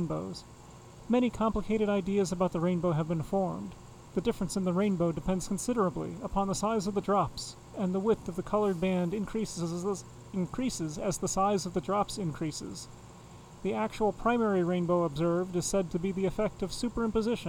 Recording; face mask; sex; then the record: reading aloud; none; male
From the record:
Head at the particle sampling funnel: facing it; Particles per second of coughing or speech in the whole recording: 0.821